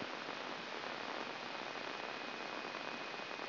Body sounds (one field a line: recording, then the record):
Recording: brain microelectrode recording played as sound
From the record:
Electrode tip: inside the subthalamic nucleus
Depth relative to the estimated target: 3 mm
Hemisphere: left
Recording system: AlphaMap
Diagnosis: Parkinson's disease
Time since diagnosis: 16 years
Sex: male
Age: 60 years